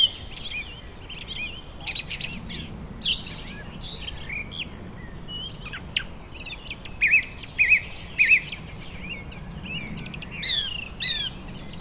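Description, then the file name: Birds chirp busily, including a run of three similar high notes. Birds in a vineyard, Germany, summer evening. "tom chapman nature vineyard ambience summer evening birds occassional voice distant traffic germany"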